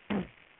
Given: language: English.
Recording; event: throat vibration sensor signal played as sound; throat clearing